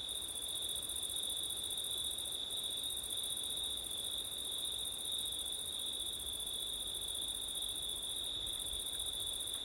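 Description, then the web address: High continuous cricket trilling with an upper buzzing band that breaks twice, set against soft, steady wind noise. Crickets on a windy September night; ORTF stereo. "audio crickets wind september night ortif"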